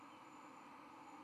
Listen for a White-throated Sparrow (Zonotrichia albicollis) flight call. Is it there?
no